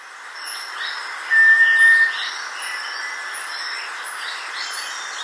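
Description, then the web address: Black solitaire whistled call: one pure, steady, level tone held for under a second, set against a constant hiss of buzzing insects. Recorded in Ecuador. "Birds of Ecuador. Black Solitaire"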